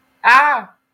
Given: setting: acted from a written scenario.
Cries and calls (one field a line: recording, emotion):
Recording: vocal sound without words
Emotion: fear